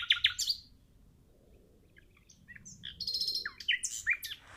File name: Luscinia megarhynchos